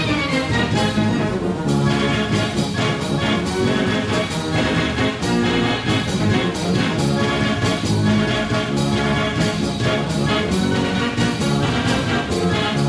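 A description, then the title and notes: Loud fairground music plays without a break, thick with layered organ-like tones and a bright, busy top. A steady, regular beat punches through about twice a second, and the level stays high throughout the thirteen seconds. Fairground Sounds.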